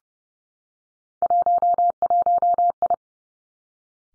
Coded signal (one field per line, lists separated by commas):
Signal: Morse code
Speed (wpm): 30 wpm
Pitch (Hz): 700 Hz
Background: none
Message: 11I